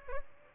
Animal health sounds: mosquito wingbeat signal from an infrared sensor; Aedes albopictus

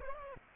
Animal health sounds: mosquito wingbeat signal from an infrared sensor; Aedes aegypti

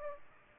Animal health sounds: mosquito wingbeat signal from an infrared sensor; Aedes aegypti

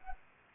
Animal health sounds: mosquito wingbeat signal from an infrared sensor; Anopheles arabiensis

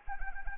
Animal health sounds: mosquito wingbeat signal from an infrared sensor; Anopheles arabiensis

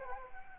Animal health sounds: mosquito wingbeat signal from an infrared sensor; Anopheles gambiae

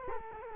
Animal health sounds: mosquito wingbeat signal from an infrared sensor; Culex quinquefasciatus

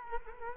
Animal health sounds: mosquito wingbeat signal from an infrared sensor; Culex quinquefasciatus

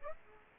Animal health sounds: mosquito wingbeat signal from an infrared sensor; Aedes aegypti

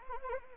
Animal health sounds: mosquito wingbeat signal from an infrared sensor; Anopheles arabiensis

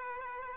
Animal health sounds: mosquito wingbeat signal from an infrared sensor; Aedes aegypti

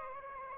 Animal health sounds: mosquito wingbeat signal from an infrared sensor; Aedes aegypti

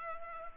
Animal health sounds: mosquito wingbeat signal from an infrared sensor; Culex pipiens

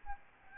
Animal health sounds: mosquito wingbeat signal from an infrared sensor; Aedes albopictus

